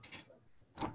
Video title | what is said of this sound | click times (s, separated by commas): Compartment Syndrome in Pediatrics | and it should snap right in place | 0.8 s